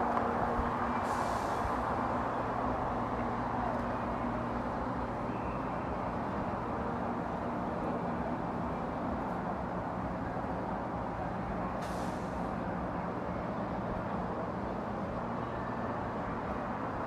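Steady traffic and city hum around the White House fill the scene, with a low engine drone and brief bright hisses near two and twelve seconds.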